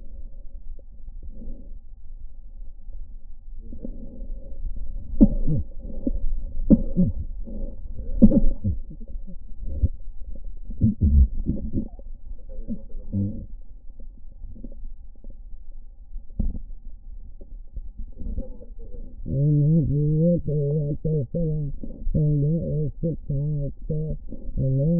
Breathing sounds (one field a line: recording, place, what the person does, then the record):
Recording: lung sounds by stethoscope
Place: left posterior basal chest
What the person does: quiet breathing, then cough and speech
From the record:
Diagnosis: COPD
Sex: female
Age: 80 years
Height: 160 cm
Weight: 62 kg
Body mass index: 24.2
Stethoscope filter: diaphragm mode